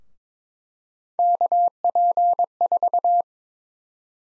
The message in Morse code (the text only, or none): KP4